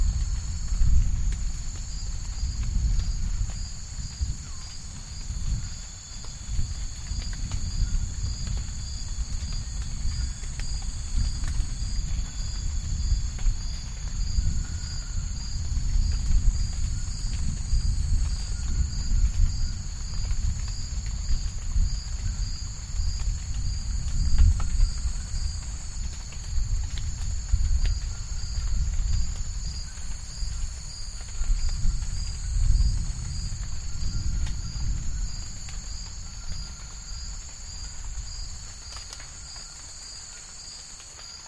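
An afternoon storm in a rainforest, with deep rolling thunder rumbling low and swelling several times, strongest near the start, mid-clip and around thirty-five seconds. A steady, high, shrill chorus of insects holds throughout over a soft wash of rain.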